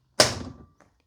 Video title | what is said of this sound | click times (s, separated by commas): 2001 Jaguar XK8 - Perfect Front Seats | and as an added benefit when the seat close clicks back in | 0.2 s